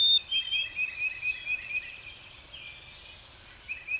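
Brief birdsong: a quick series of thin whistled notes, then a soft wash of chirping.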